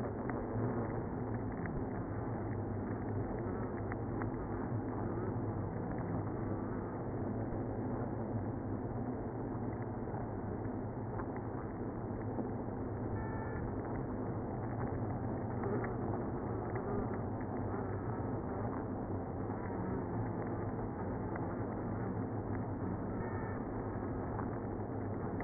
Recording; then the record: honeybee colony, microphone inside the hive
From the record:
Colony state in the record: queenless (queen removed); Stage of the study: after two queens were removed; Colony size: about 60,000 bees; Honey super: yes